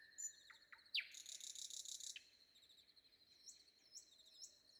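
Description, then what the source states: Common Nightingale song fragment: two short down-slurred notes, a rapid falling series of notes, and a brief buzzy churr, followed by faint high twitters. Recorded before dawn.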